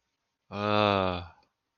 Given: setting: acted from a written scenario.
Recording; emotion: vocal sound without words; contempt